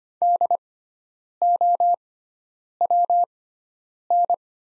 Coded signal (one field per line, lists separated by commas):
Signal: Morse code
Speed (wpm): 25 wpm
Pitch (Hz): 700 Hz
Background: none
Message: DOWN